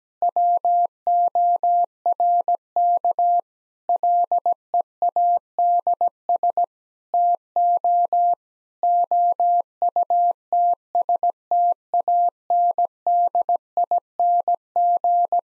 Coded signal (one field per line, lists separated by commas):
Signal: Morse code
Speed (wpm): 17 wpm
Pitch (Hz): 700 Hz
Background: none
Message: WORK LEADS TO OUTSTANDING